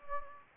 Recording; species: mosquito wingbeat signal from an infrared sensor; Anopheles gambiae